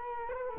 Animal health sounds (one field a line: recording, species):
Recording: mosquito wingbeat signal from an infrared sensor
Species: Culex quinquefasciatus